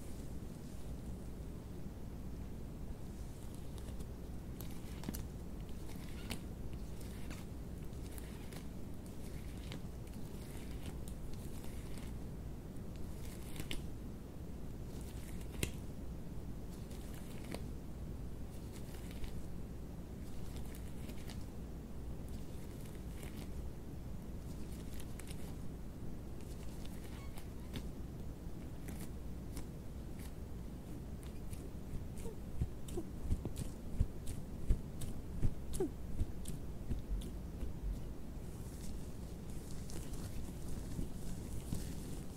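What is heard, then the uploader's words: Latex gloves rub and scratch, with frequent crisp snaps and crackles that grow busier near the end. ASMR LATEX GLOVES SOUNDS AND HAND MOVEMENTS - NO TALKING - GLOVES SCRATCHING, RUBBER GLOVE.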